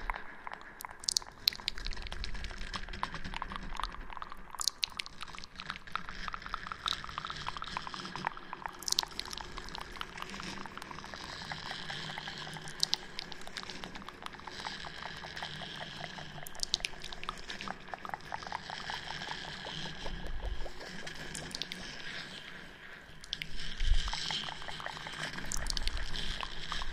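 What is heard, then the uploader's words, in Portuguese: Intense, aggressive scratching right up against the microphone, packed with rapid, rough strokes that blur into a dense, rustling, almost watery texture. The scratches come in quick regular bursts throughout, with sharper flicks now and then, and grow louder after a low bump near 23 seconds. ASMR ARRANHANDO O 3DIO COM ECO. ASMR intenso e agressivo com muitos sons de scratching.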